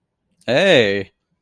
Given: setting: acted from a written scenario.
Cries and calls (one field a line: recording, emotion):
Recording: vocal sound without words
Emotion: positive surprise